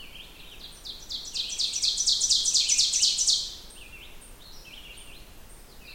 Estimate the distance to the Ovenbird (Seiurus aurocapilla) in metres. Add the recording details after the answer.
about 10 m. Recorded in boreal forest in Alberta, Canada, on 16 June 2016 at 08:05. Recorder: SongMeter 3, array SBT-3-32. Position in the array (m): 142 m, 27 m. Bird 36